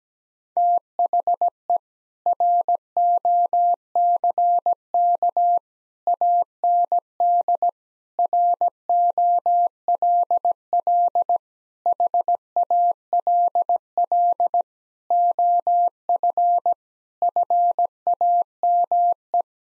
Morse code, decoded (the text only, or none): THE ROCK AND ROLL HALL OF FAME